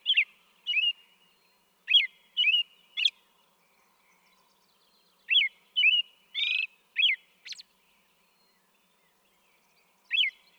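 American robin song: groups of whistled notes with a harsher buzzy note among them, separated by brief pauses.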